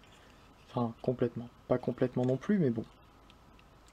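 Someone talks while handling the plastic hip piece of a Transformers Titans Return Voyager Alpha Trion transforming robot action figure, which had come unclipped from the hip joint after being moved too far and is being pushed back in. Two faint ticks are heard near 3.3 and 3.6 seconds after the talking stops. Nothing has seated or clicked yet.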